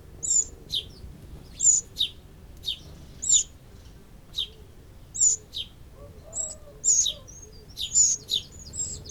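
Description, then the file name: Eurasian wren giving hard, high clicking calls in loose series. "Troglodytes troglodytes"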